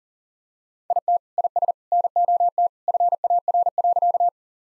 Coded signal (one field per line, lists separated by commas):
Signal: Morse code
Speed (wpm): 37 wpm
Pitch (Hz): 700 Hz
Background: none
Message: IT IS NOT FAR.